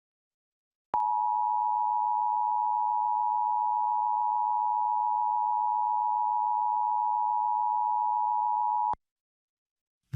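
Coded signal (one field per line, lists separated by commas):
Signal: Emergency Alert System (SAME) tones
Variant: 853 and 960 Hz attention tone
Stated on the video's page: EAS National Periodic Test aired on WNYW-TV.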